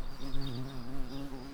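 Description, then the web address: Garden bumblebee buzzing: a steady, low droning hum that wavers slightly in pitch and loudness throughout. Queen bumblebees. "bumblebees Hortorum-queens"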